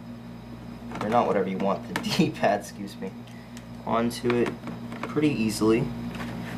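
A detachable plastic d-pad module for an Azio Levetron Mech5 mechanical gaming keyboard is handled and slid toward the keyboard's gun-rail style mount while someone talks, with faint handling noise under the voice. Nothing has seated or clicked yet.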